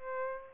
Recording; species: mosquito wingbeat signal from an infrared sensor; Aedes albopictus